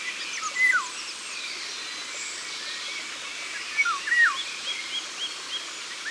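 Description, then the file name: Eurasian golden oriole song: two brief fluty whistled phrases sliding downward, a few seconds apart, over a steady hiss and faint chirps from other birds. Ardèche, France. "Loriot d Europe Concerts Naturels De l Ardeche"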